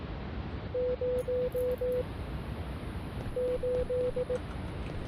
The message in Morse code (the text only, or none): 0 8